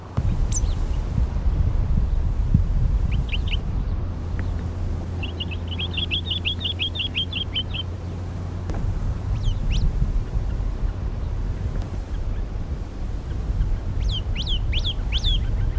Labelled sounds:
Arabian Babbler (Turdoides squamiceps) call
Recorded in the wild
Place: IL
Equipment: Halbspur, 9,5 cm/s
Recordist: Lütgens, Hans

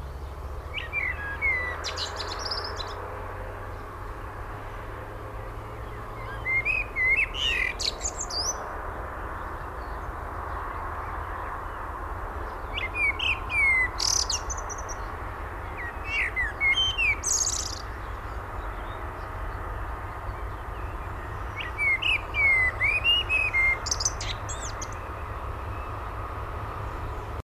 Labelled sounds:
Common Blackbird (Turdus merula) song
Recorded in the wild
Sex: male
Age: adult
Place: Lörrach, Baden-Württemberg, DE
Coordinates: 47.6164, 7.67083
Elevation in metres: 306
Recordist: Tretzel, Erwin
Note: Pfingstwoche 1968, Lörrach: Gesang mit Dialekt B

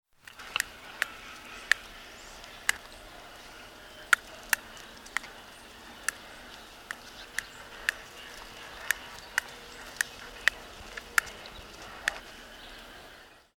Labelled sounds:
Reeves' Muntjac (Muntiacus reevesi)
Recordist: Tembrock, Günter
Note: Zahngeräusche

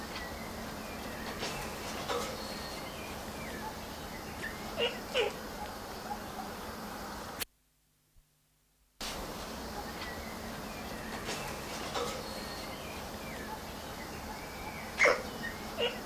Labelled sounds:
Black-handed Spider Monkey (Ateles geoffroyi)
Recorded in captivity
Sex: group
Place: Tiergarten Schönbrunn, Wien, AT
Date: 1989-06-08 20:43
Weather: fair, 14°C
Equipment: Sony WM-D6C, Kopie Tesla B 116
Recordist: Tembrock, Günter

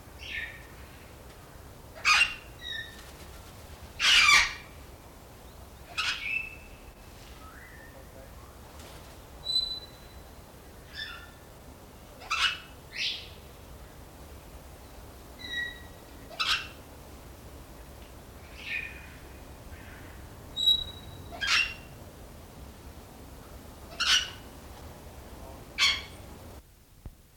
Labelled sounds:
Grey Parrot (Psittacus erithacus) call, Major Mitchell's Cockatoo (Lophochroa leadbeateri)
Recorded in captivity
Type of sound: call
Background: Lophochroa leadbeateri
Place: Tierpark Berlin, Berlin, DE
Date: 1993-12-18 10:22
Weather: bedeckt, 2 °C
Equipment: Marantz CP 430, Sennheiser MKH 416 T, Kopie Uher Variocord 263
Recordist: Tembrock, Günter
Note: Ssp. erithacus et timneh, diverse Lautformen

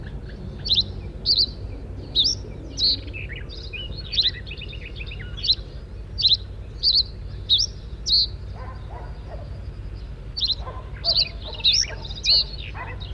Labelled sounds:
Reed Bunting (Emberiza schoeniclus) song
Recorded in the wild
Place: Bad Kleinen, Mecklenburg-Vorpommern, DE
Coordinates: 53.771, 11.472
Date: 1972-06-15
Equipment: Nagra III BH, Sennheiser MD 21, parabola
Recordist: Schubert, Michael
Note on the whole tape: Gesang Rohrammer abends

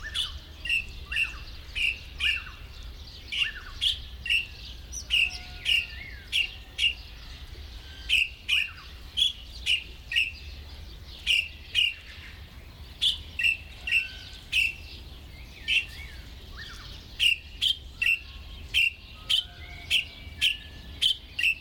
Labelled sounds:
Golden-breasted Starling (Lamprotornis regius)
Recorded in captivity
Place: Zoo Berlin, Berlin, DE
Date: 1996-04-20 19:01
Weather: sonnig, 24°C
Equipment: Sony MD-WM MZ-R3, Sennheiser MKH 416 T, Kopie Uher 4000 Report Monitor
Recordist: Tembrock, Günter

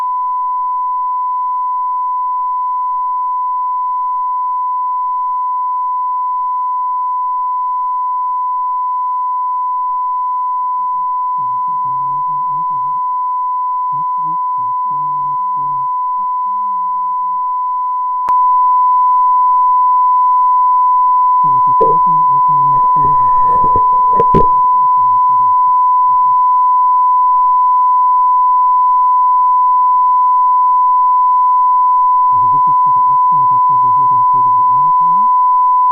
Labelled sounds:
Spotted Crake (Porzana porzana) song
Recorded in the wild
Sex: male
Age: adult
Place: Schwedt/Oder, Nationalpark Unteres Odertal, Brandenburg, DE
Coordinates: 53.1525, 14.3603
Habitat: wetland
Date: 2015-04-21 21:55
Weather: 7°C, 80% humidity, almost windless
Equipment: Edirol R44, Microtech Gefell MK 250/MV220
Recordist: Freitag, Annika and Frommolt, Karl-Heinz

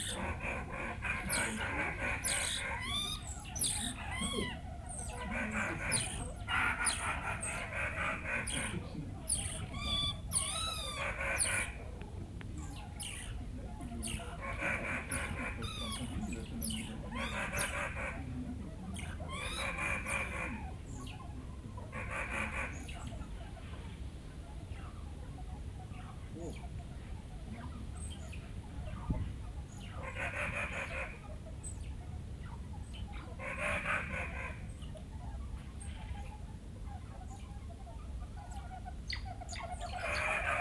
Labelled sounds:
Banded Mongoose (Mungos mungo)
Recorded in captivity
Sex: group
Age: diverse
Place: Tierpark Berlin, Berlin, DE
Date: 2008-08-26 17:30
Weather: overcast, ca. 22°C
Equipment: Sony WM-D6C, Sennheiser ME 80, Kopie Uher 4000 Report Monitor
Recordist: Tembrock, Günter

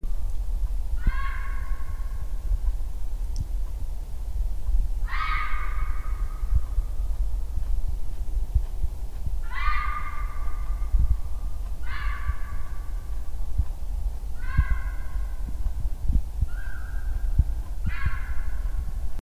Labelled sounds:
Red Fox (Vulpes vulpes) barking
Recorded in the wild
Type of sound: barking
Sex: pair
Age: adult
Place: Siedlung Rotes Luch, Märkische Schweiz, Brandenburg, DE
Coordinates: 52.52, 14.0067
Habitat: Wald
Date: 2008-12-28 18:10
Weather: sternenklar, -4°C, leichter Wind (Ost), 2 cm Schnee
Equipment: Sony TCD-D3, Sennheiser ME 80, K 30 AV
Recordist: Gnensch, Andreas
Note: Wahrscheinlich Paar (Ranzzeit): Bellen zweier Tiere in ca. 100 m Entfernung (bei Ortswechsel des Beobachters)

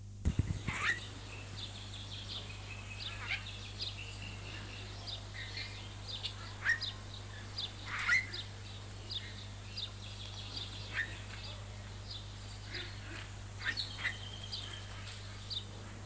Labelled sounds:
Australian Magpie (Gymnorhina tibicen) song
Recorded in captivity
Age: adult
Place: Zoo Berlin, Berlin, DE
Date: 2004-04-22 15:37
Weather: fair, 22-24°C
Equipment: Fair Mate ST-1328 (Asahi Electronics, Japan), Sennheiser ME 80, Kopie Uher 4000 Report Monitor
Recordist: Tembrock, Günter

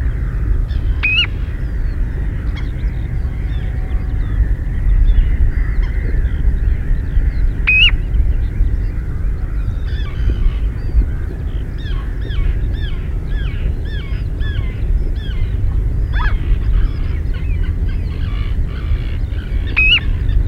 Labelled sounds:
Common Ringed Plover (Charadrius hiaticula) call
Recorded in the wild
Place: Insel Kirr, Insel Rügen, Mecklenburg-Vorpommern, DE
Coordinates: 54.421, 12.705
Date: 1970-05-23
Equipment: Nagra III BH, Sennheiser MD 421
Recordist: Schubert, Michael
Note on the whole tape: Sandregenpfeifer, Hauptruf

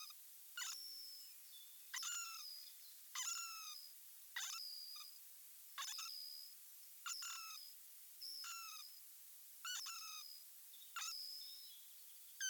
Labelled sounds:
Hazel Dormouse (Muscardinus avellanarius) call
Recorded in the wild
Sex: pair
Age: adult
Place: Jena, Thüringen, DE
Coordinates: 50.9178, 11.5264
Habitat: Nestbox
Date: 2024-05-13 19:46
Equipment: audiomoth
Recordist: Nüske, Jörg

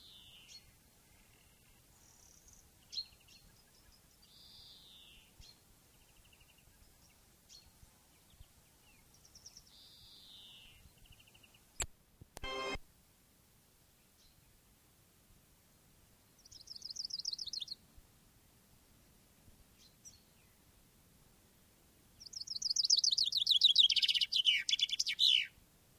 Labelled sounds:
Common Chaffinch (Fringilla coelebs)
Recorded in the wild
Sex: male
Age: adult
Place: Ehrwald, Wettersteingebirge, Tirol, AT
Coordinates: 47.4275, 10.9428
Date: 1962
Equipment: Stellavox SM 5, Original, Vollspur
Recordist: Tretzel, Erwin

